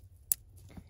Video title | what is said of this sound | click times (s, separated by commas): 2 Mods Under 10 min (Chevy Trail Boss) | boom clicked in | 0.3 s